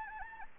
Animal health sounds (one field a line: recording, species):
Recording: mosquito wingbeat signal from an infrared sensor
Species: Anopheles gambiae